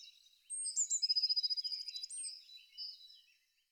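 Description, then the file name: Eurasian blue tit song: sharp, high opening notes followed by a rapid, bright trill that slows and fades, with quiet chirps afterwards. "pimpelmees"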